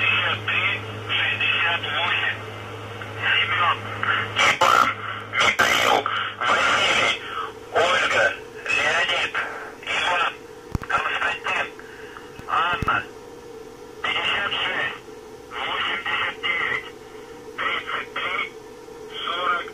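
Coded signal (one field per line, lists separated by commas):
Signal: numbers station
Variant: UVB-76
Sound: a muffled voice speaking short words through radio, over a steady low hum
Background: radio static, hum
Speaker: okay so this is the voice that will come on uh at random times of day uh specific days of the month uh tell me this isn't creepy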